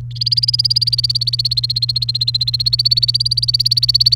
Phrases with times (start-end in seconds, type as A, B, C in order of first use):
0.11-4.15 A